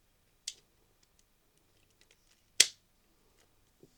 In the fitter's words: I just click into place.